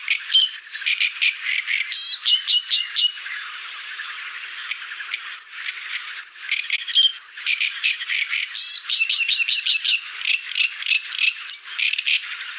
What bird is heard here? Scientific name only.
Acrocephalus arundinaceus